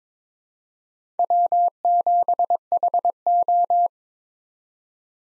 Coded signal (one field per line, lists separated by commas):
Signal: Morse code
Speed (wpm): 22 wpm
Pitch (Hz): 700 Hz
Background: none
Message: W7HO